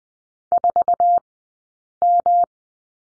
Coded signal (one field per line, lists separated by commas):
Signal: Morse code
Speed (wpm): 20 wpm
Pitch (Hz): 700 Hz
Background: none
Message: 4M